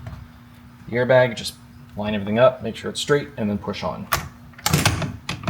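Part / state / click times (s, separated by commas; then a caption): driver airbag module into steering wheel / seated / 4.7 s, 5.3 s. Someone talks while a driver airbag module on a BMW G80 M3 steering wheel is lined up straight and pushed on. Two strong clicks at 4.7 s and 5.3 s mark it snapping in on both the left and right sides, and the module is seated.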